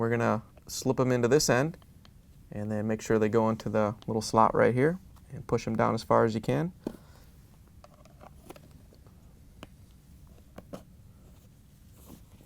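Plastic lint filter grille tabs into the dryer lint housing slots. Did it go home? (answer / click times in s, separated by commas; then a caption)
no / none. Someone talks while the tabs of a new plastic Whirlpool/KitchenAid/Maytag dryer lint filter grille, part W11086603, are slipped into the little slots of the dryer lint housing and pushed down as far as they will go. After the talking stops at about 7 s, faint plastic handling ticks follow at about 7.8, 8.3, 8.5, 9.6 and 10.6 seconds. The grille is only being positioned, and nothing has seated or clicked into place yet.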